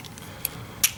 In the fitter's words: Voilà, ça se clipse.